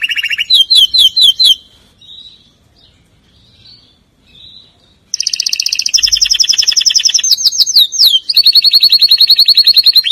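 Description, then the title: Canary song opening with quick bouncing notes, a long quiet pause, then loud rapid trills, swooping slurs and a long sustained rolling trill. "Kenari"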